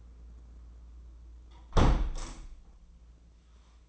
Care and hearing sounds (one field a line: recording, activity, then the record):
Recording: daily activity, microphone in the room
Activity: close window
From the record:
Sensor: 1